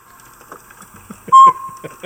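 Northern pygmy owl giving one short, clear toot amid soft clicking and rustling background sounds.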